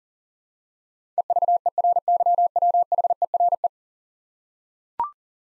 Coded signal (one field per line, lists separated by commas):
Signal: Morse code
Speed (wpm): 40 wpm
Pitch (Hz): 700 Hz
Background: none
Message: EVERYWHERE